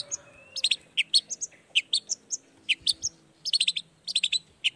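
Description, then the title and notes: Long-tailed shrike giving sharp, high chirps and short squeaky notes in quick irregular clusters. Shrike's lively 'gacor' morning song with 'toet toet' sound variation, played to provoke other shrikes into responding quickly. "Cendet Gacor Dor Di Kala Pagi Toet Toet Variasi Suara. Cendet Gacor Langsung Nyaut Emosi Hanya dengan Sekali Putar Bikin Cendet Lainya Cepat Respon Bunyi. Burung cendet"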